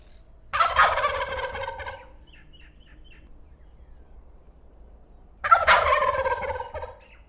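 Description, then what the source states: Wild Turkey gobbling: two loud, rattling gobbles about five seconds apart, each lasting over a second, with quiet background between. Male wild turkey; gobble is loud and distinctive, can be heard a mile or more away.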